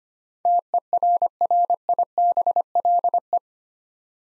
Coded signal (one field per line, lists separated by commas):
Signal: Morse code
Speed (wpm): 25 wpm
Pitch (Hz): 700 Hz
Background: none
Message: TERRIBLE